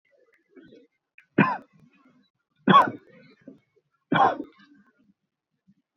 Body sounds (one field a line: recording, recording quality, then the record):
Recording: shallow voluntary cough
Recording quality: excellent, no background noise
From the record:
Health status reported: exposed to COVID-19, no respiratory illness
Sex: male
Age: 32 years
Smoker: no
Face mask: not worn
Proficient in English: yes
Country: India